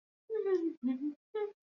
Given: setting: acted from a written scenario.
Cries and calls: vocal sound without words; romantic love

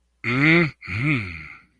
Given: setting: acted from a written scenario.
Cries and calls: vocal sound without words; desire

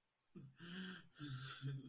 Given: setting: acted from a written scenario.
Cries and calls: vocal sound without words; sadness

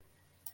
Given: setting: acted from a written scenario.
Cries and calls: vocal sound without words; serenity

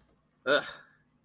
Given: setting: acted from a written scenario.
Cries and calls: vocal sound without words; contempt

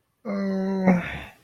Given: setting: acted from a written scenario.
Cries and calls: vocal sound without words; neutral

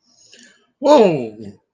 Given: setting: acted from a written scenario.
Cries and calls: vocal sound without words; negative surprise

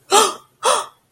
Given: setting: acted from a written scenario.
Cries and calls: vocal sound without words; negative surprise

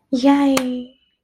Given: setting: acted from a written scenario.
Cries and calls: vocal sound without words; ecstasy

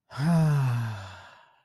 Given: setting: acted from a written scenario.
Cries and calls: vocal sound without words; serenity

